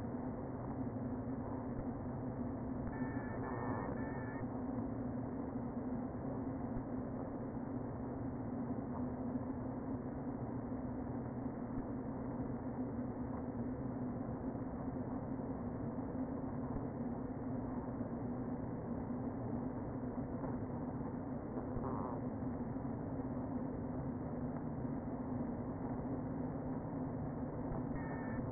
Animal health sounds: honeybee colony, microphone inside the hive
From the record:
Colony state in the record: queen present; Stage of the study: before two queens were removed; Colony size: about 60,000 bees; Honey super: yes

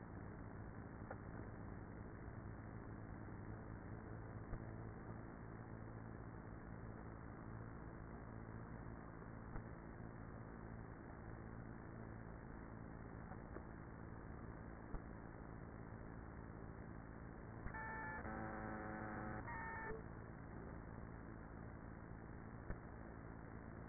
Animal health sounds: honeybee colony, microphone inside the hive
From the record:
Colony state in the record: queenless with a low population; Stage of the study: after two queens were removed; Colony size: about 30,000 bees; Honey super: no

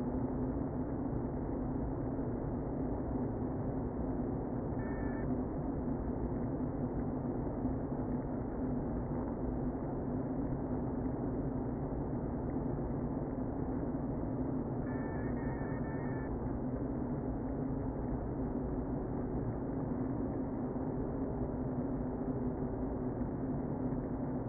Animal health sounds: honeybee colony, microphone inside the hive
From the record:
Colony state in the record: queen present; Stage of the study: before two queens were removed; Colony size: about 60,000 bees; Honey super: yes

